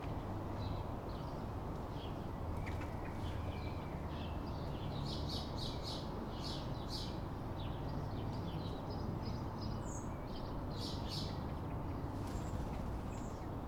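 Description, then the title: Sparrows chirping in a busy chorus of short bright chirps, over a steady low traffic rumble. Evening in a residential street; busy birdsong mostly of sparrows, with distant traffic rumble. "Ambience. Evening. Street in residential area. Busy spacious birdsong manly sparrows."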